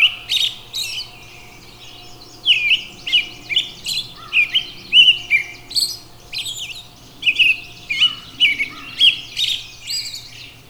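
Robin singing rapid, varied high chirps and warbles with a short pause early on, accompanied by a faint steady tone and low hum.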